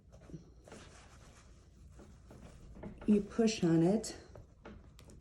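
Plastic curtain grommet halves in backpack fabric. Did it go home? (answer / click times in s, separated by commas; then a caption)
no / none. Two halves of a large plastic curtain grommet are handled and pressed together through a hole cut in backpack fabric while someone talks. Soft rustling and a few faint small taps are heard near the end. Nothing has snapped or clicked into place yet.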